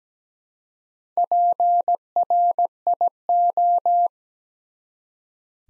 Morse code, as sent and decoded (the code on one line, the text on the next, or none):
.--. .-. .. ---
PRIO